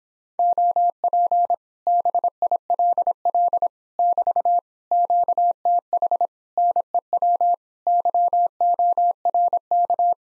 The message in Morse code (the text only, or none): OP BILL <BT> QTH NEW YORK